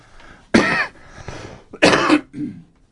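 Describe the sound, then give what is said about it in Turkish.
Two loud, harsh coughs about a second apart, each a short rough burst, with faint breathy throat noise between them and a softer raspy tail after the second. “Affedersiniz öksürük için.”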